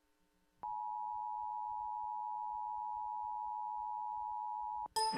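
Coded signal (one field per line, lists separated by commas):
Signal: Emergency Alert System (SAME) tones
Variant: 853 and 960 Hz attention tone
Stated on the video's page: Severe thunderstorm warning received on AM radio at 1040 kHz.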